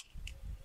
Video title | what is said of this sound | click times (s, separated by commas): FIX: Honda Odyssey Sliding Door Cable: Step-by-Step DIY Guide (2011-2017) | and then this should just snap | 0.3 s